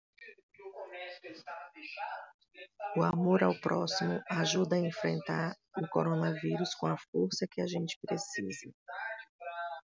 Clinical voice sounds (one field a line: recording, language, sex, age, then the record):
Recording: spoken sentence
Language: Brazilian Portuguese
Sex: female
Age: 50 to 59 years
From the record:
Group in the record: control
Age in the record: 53 years